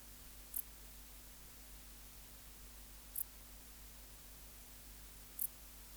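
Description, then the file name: Dark bush-cricket song of three crisp high chirps over a low constant hum. "Pholiodoptera grisecaptera"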